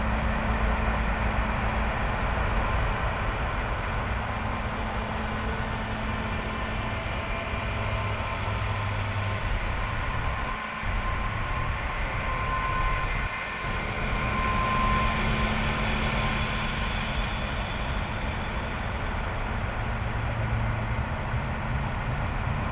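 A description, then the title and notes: A street sweeper runs with a steady low engine rumble and a constant hum throughout, the motor tone rising and easing now and then. Traffic noise fills the background, with brief dips near 11 and 13 seconds and a short bright chirp around 15 seconds. Street sweeper on Theresa Ave.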